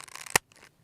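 A handgun is pushed into a leather/polymer hybrid IWB holster until the polymer retention catches over the trigger guard. A run of small scraping ticks leads into one sharp, loud snap at 0.4 s, after which only faint rustling remains. The gun is seated in the holster's retention.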